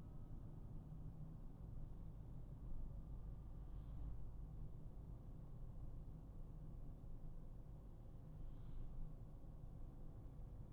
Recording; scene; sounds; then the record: everyday scene through a hearing-aid microphone; in a vehicle; engine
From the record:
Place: Berlingo II, diesel engine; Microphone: behind the ear, right, rear